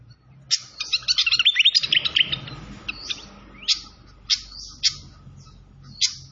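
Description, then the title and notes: Malaysian pied fantail song: a quick flurry of squeaky, twittering notes, then spaced single sharp high chirps over a steady hiss. Masteran (training recording), clear-voiced fantail mixed with trickling water sounds. "Masteran Sikatan Kipas Suara Jernih Dan Suara Gemericik Air. Suara Burung Sikatan Londo"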